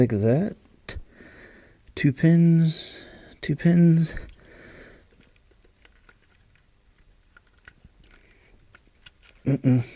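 On a 2007 Honda Accord, a keyed harness connector is lined up with its plug by its keyway and two pins while someone talks. Faint handling taps and ticks sound around 0.9 s and between 5.9 s and 9.3 s. The connector has not been pushed home, and nothing has seated or clicked yet.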